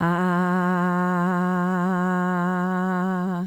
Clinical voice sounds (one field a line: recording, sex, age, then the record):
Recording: sustained vowel /a/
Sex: female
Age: 40 to 49 years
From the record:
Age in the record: 45 years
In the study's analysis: included